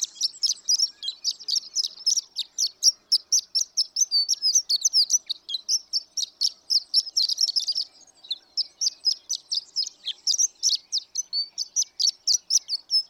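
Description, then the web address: Horned lark song: a long, unbroken stream of high, thin tinkling notes, rapid and jangling, with a brief dip in the run near eight seconds, then continuing steadily. "birdsongforthecurious Horned Lark"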